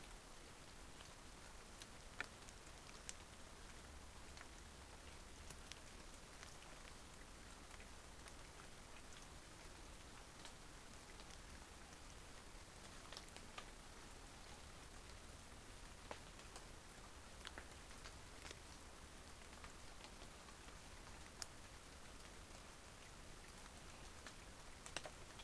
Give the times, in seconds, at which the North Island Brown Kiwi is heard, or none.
none